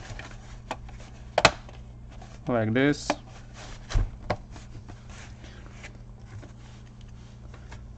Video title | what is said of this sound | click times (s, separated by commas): HP Probook 450 G1 (455 G1) Disassembly / Assembly | you should hear the clicking sounds | 0.7 s, 1.4 s